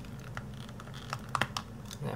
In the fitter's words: Get the right leg in. Hope you have a nice click. Yeah,